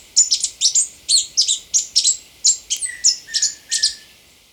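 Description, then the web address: Plushcap song: a quick series of high, sharp chipping notes, with a few lower notes in the second half. In Ecuador. "Birds of Ecuador. Plushcap"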